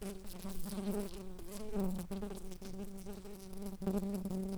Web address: bumblebees Pascuorum-workers